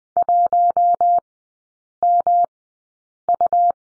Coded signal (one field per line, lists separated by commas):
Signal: Morse code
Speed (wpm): 20 wpm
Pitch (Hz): 700 Hz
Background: none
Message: 1MU